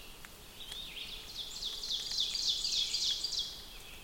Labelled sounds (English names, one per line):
Ovenbird song